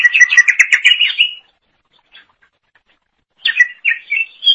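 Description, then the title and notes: Leafbird song: a dense, rapid twittering phrase, a pause with a few soft notes, then a run of clear slurred whistles rising at the end. Cucak ijo song. "Suara Kicauan Burung Cucak Ijo"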